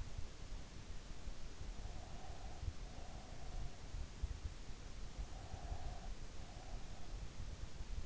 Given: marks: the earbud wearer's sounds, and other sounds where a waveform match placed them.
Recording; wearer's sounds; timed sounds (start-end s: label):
sounds in sleep by an in-ear microphone; breath
1.97-3.57 s: breath
5.43-6.80 s: breath